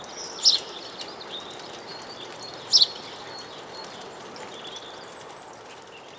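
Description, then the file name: House sparrow giving two sharp chirps a couple of seconds apart, then only quiet hiss. "Passer domesticus"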